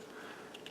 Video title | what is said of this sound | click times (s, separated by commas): Field Dressing Kits for Yukon Sheep and/or Caribou 2019 | placing your knife like that closing this up until it clicks and | 0.6 s, 0.7 s